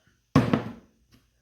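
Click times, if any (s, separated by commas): 0.4 s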